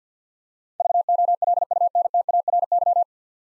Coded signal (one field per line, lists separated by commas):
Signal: Morse code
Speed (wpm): 47 wpm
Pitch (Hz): 700 Hz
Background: none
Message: VOLUNTARY